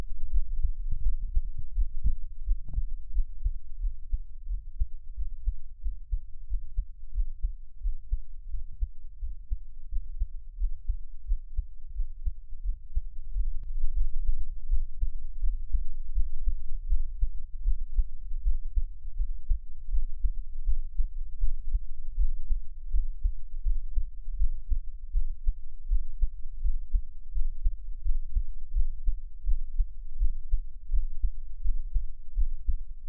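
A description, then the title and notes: A heartbeat thumps steadily and low for the whole stretch, dense regular pulses with a brief click near three seconds. 獻上我的心跳 | Give my Heartbeat | NO Talking.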